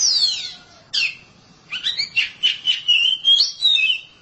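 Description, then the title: Oriental magpie-robin song: a descending whistle, a short burst, then a run of quick sweet warbled notes at mid-high pitch. "Suara Kicauan Burung Kacer"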